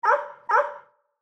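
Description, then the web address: Goldendoodle dog giving a double bark, two loud sharp barks half a second apart, each fading quickly, against silence. "Blastwave ANIMALS Dog Goldendoodle"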